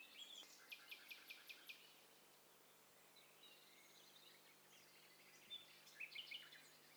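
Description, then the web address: Bird calls from several singers: a quick series of even chirps early on, then scattered thin notes and a cluster of sharp chirps near the end, with faint steady hiss. Several birds calling at once; stereo recording. "Hi Fi STEREO BIRD COCKTAIL PARTY Challenge"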